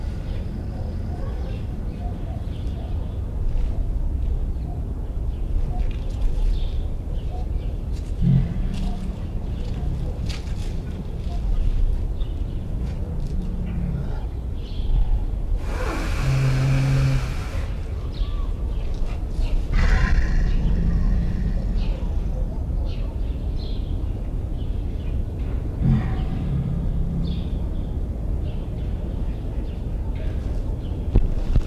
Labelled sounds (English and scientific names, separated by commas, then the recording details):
Tiger (Panthera tigris)
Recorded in captivity
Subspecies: altaica
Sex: female
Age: adult
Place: Tierpark Berlin, Berlin, DE
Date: 1974-01-13 10:10
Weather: sunny, ca. 5°C
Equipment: Uher 4200 Report Stereo, Sennheiser MD 421, Verstärker
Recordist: Tembrock, Günter